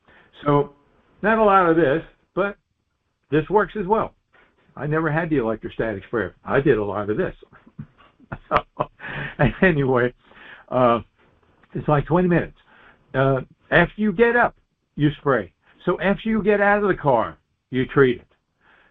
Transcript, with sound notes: so not a lot of this, but this works as well. I never had the electrostatic sprayer. I did a lot of this. (laughs) So, anyway, uh, it's like 20 minutes. Uh, after you get up, you spray, so after you get out of the car, you treat it.